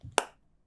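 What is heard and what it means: The plastic Boa size-adjustment dial on a Hövding 3 bicycle airbag collar is pushed back down to lock it once the size fits. After a faint low rumble, a single sharp, bright click sounds at 0.2 s and fades quickly, and the dial is seated.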